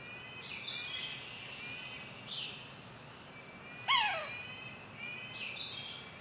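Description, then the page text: Yellow-bellied sapsucker: a single sharp, falling nasal mew midway, framed by quieter drawn-out high calls at the start and end. Mew call; Lac Caron, Saint-Marcellin, Quebec, Canada; 23 May 2019, morning. "Pic maculé – Sphyrapicus varius – L'Oiseau son. • Cri 'Mew' Lac Caron, Saint-Marcellin, QC, 48°21’17.7″N 68°19’41.1″W. 23 mai 2019. matin"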